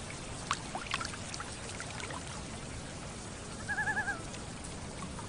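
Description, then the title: Loon call, a brief wavering, pulsed quaver lasting about half a second, heard over steady storm noise. Loons calling on a lake during a thunderstorm, with gentle water lapping. "Thunderstorm and Loons on Lake with Gentle Water Lapping"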